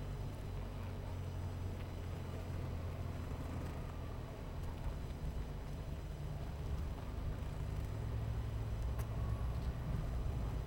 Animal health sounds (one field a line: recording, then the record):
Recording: honeybee colony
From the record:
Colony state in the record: missing queen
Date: 14 July 2017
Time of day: 11:35